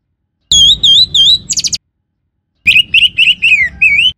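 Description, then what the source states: Orange-headed thrush song with wavering whistled notes repeated several times, a short buzzy trill, then a phrase of rising slurred whistles after a pause. Known locally in Indonesian as anis merah; the bird's song.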